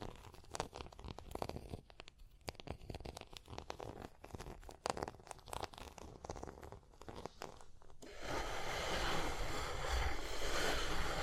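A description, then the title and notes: Tapping and scratching sounds: for the first eight seconds, sharp irregular taps and short scrapes come in quick clusters with brief pauses. Around eight seconds it changes to a steady, dense, hissing scratch that grows slightly louder and continues to the end. Tapping and Scratching (No Talking).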